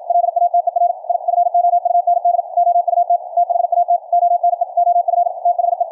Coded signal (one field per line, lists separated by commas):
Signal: Morse code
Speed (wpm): 55 wpm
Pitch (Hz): 700 Hz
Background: radio noise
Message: LATER I FOUND OUT THAT ONE OF THE